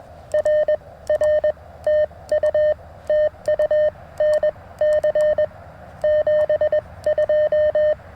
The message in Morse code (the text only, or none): RR TU TU NC 72